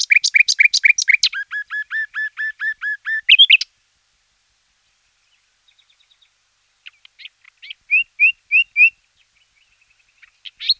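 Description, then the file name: Common nightingale song: a fast series of repeated downslurred notes, then a run of lower slurred notes, a pause, and later a few soft clicks and a short run of slurred notes. Recorded in 2004. "roche 2004 nachtigall"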